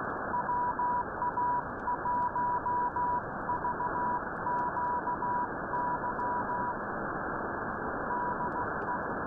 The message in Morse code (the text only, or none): WA1VQY DE